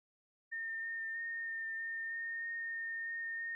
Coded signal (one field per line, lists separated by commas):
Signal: FT8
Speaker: Let's see if we can uh try to get Kilo 3 November Oscar Quebec. Also in Texas.